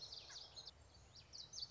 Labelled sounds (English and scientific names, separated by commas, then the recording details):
Common Yellowthroat (Geothlypis trichas)
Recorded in Sonoma County, California